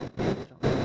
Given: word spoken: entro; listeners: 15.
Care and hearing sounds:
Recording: one Spanish word in noise, from a listening test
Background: noise modulated by one talker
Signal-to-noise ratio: -10.6 dB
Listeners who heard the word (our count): 0 of 15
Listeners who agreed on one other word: 10 of 15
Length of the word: 0.45 s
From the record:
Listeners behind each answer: 10, 1, 1, 1, 1, 1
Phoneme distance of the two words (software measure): 7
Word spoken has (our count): 2 syllables, 5 phonemes, stress on syllable 1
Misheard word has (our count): 2 syllables, 6 phonemes, stress on syllable 1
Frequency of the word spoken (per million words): 3.54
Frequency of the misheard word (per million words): 370.77

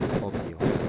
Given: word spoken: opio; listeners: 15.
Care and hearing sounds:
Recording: one Spanish word in noise, from a listening test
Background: noise modulated by three-talker babble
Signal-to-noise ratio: -7.9 dB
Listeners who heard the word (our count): 4 of 15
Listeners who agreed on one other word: 8 of 15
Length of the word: 0.49 s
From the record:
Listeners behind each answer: 8, 4, 3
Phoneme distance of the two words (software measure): 17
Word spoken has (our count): 2 syllables, 4 phonemes, stress on syllable 1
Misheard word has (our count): 2 syllables, 5 phonemes, stress on syllable 1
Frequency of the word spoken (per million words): 3.46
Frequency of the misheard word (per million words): 16.12

